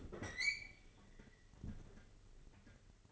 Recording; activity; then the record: daily activity, microphone in the room; open fridge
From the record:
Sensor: 4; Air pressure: 996.0 hPa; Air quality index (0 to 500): 66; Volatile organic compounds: 2 ppm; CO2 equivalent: 1189 ppm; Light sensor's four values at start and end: 15/40/15/17 and 14/39/15/17